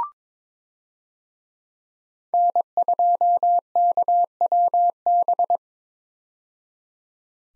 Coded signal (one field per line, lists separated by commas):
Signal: Morse code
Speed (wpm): 22 wpm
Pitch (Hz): 700 Hz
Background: none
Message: N2KWB